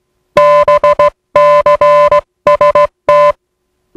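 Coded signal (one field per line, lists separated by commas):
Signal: Morse code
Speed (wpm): 18 wpm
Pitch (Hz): 590 Hz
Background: music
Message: BCST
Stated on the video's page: Spoof recreation of a TTT safety message in the style of USCG coast station NMC on 500 kHz.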